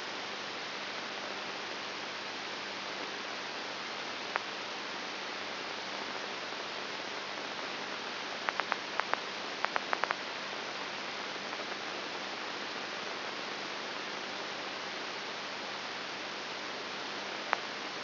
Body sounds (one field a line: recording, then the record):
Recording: brain microelectrode recording played as sound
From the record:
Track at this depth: outside the subthalamic nucleus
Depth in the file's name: 7.3 mm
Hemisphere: left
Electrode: 3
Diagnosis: Parkinson's disease